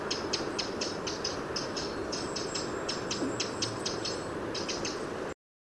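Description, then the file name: Eurasian wren giving dry clicking call notes in quick succession over a broad low hiss. "Troglodytes troglodytes"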